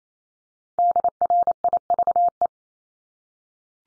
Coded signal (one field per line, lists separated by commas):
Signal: Morse code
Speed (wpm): 28 wpm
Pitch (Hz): 700 Hz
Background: none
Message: DRIVE